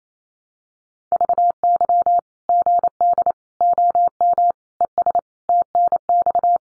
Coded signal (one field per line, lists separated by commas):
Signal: Morse code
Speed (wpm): 28 wpm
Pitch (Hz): 700 Hz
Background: none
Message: VY GD OM ES TNX